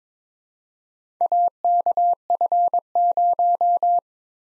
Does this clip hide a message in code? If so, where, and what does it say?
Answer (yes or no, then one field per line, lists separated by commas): yes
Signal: Morse code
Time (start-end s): 1.2-4.0 s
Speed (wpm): 26 wpm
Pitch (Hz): 700 Hz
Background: none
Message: AKF0